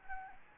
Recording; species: mosquito wingbeat signal from an infrared sensor; Anopheles gambiae